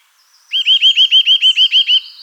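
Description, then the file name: Eurasian nuthatch repeating clear piping notes in a quick, even run. "Sitta europaea"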